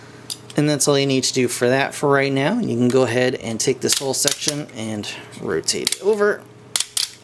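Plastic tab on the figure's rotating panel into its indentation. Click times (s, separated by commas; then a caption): 0.3 s. A small plastic tab on the rotating panel of a Cang Toys Landbull (MP Tantrum) transforming figure is pushed into its tiny indentation and seats with a single sharp click at 0.3 s. Someone talks throughout, and a few more sharp ticks are heard near the end, around 6.8 s and 7.0 s.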